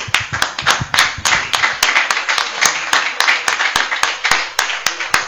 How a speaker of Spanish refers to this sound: Este aplauso se lo adjudico al Che y se lo adjudico a la Revolución Cubana,